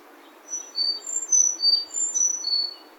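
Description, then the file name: Sakhalin leaf warbler: high-pitched song of a Sakhalin leaf warbler, thin whistled notes repeated in an alternating high-low pattern for about two seconds, over soft steady noise. Recorded at Kitamoto, Japan, 28 April 2021. "エゾムシクイ 210428 北本市"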